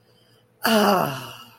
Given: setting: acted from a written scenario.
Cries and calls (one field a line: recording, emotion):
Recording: vocal sound without words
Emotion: ecstasy